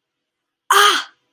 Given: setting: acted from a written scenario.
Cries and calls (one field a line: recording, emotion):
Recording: vocal sound without words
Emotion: pain